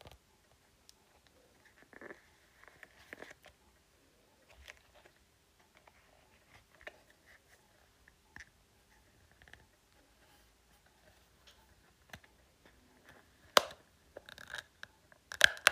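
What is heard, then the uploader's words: Sparse keyboard and phone tapping: scattered light clicks and taps with long quiet gaps through most of the stretch. Around 13 to 16 seconds the taps turn sharper and louder, coming in a quicker cluster of crisp, bright clicks. Keyboard tapping, typing and Phone tapping.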